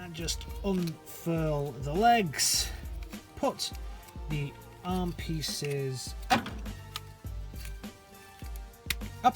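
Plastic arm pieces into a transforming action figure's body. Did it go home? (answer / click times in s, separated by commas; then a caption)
yes / 8.9 s. Plastic arm pieces are raised and pushed into their slots on a Hasbro Transformers Kingdom Voyager Class Optimus Primal action figure during its transformation to robot mode, while someone talks over background music. Soft plastic handling knocks lead up to a sharp click at 8.9 s as the arm pieces seat into place.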